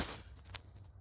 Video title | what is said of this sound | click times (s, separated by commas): Replace Rear Wheel Hub on Subaru Outback | Push it all the way in and it kind of snaps into place. | 0.6 s